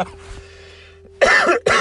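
After about a second of near silence with a faint steady hum, an adult woman gives two short, harsh, loud cough bursts in quick succession. The coughs sound dry and throaty, close to throat clearing, a minor irritative cough attributed to seasonal allergies that persist despite Flonase and Mucinex.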